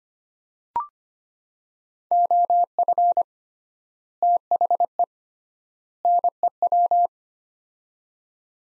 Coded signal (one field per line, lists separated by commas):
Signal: Morse code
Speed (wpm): 25 wpm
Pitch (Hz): 700 Hz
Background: none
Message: OF THE NEW